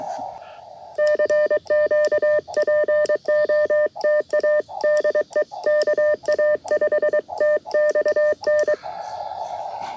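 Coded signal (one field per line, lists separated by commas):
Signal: Morse code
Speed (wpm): 22 wpm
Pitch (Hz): 600 Hz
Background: speech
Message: CQ POTA DE KA5TXN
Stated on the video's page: QRP CW Parks on the Air activation at a national wildlife refuge, using an Elecraft K2 and Packtenna end-fed half-wave antenna.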